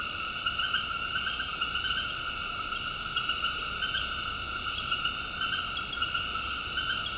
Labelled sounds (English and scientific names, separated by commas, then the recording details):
none
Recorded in dense forest near Puerto Asís, Putumayo, Colombia, on 21 February 2024 at 20:00
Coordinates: 0.485, -76.318
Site G6408